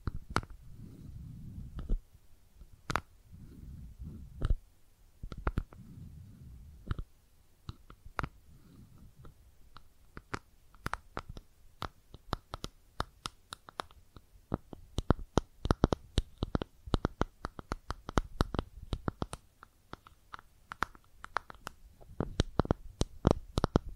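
Makeup items being tapped and scratched, a stream of sharp, clicky taps that starts sparse and grows dense and rapid after about ten seconds. During the first seven seconds, soft low rumbling swells come and go beneath the taps.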